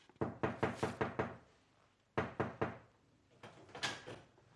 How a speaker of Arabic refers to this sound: وبعدين؟ في يوم لقيت الباب بيخبط.